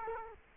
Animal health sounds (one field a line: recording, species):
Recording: mosquito wingbeat signal from an infrared sensor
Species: Culex quinquefasciatus